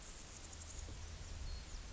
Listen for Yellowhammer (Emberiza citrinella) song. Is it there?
no